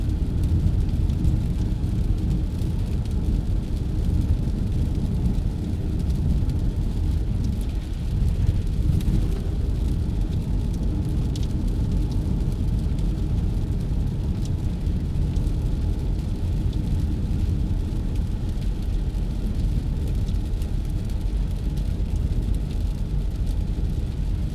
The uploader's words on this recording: Sit in the passenger seat as we drive along a bush road into town on a rainy winter’s day. The rain is oscillating softer then harder on the roof, and the road hums by underneath.